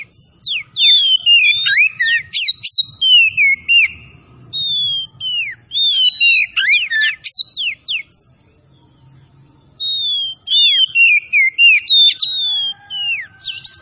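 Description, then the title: Oriental magpie-robin song: energetic phrases of fast whistled sweeps and chattering notes, repeated in groups separated by short pauses, with a faint continuous tone behind. Singing vigorously (gacor); 'Tretes' named with the bird. "Kacer Tretes Gacor"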